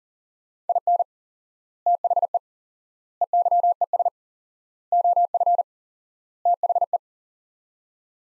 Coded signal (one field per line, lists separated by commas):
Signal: Morse code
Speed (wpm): 37 wpm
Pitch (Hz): 700 Hz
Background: none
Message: IN THE EYES OF THE